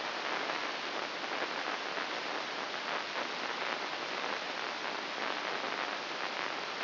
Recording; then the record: brain microelectrode recording played as sound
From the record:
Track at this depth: inside the subthalamic nucleus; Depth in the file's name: 3.802 mm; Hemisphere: right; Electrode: 2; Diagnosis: Parkinson's disease